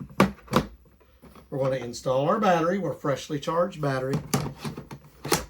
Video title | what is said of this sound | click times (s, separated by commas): HAUSHOF 24V Cordless 2.5-Gallon Ultra Quiet Wet/Dry Vacuum Cleaner Review | See, it's locked into place. | 5.3 s